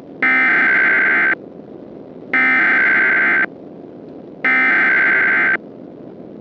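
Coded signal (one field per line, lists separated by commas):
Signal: Emergency Alert System (SAME) tones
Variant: header bursts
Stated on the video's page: Simulated EAS scenario recreating the 1935 Black Sunday dust storm, using valid EAS tones.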